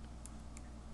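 A 4 GB SD memory card is pushed into the card slot of a handheld GPS unit, giving two short, sharp clicks at 0.3 s and 0.6 s over a steady low hum. The card seats in the slot.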